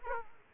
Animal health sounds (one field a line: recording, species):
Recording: mosquito wingbeat signal from an infrared sensor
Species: Aedes aegypti